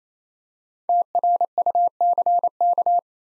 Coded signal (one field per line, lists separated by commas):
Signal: Morse code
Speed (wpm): 28 wpm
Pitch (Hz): 700 Hz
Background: none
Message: TRUCK